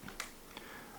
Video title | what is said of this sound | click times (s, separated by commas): WPL C14 Hercules 4X4 1:16 Toyota Hilux Truck Review - (Unboxing, Run Test, Pros & Cons) | just snap right in it looks like they just spread apart and snap | 0.2 s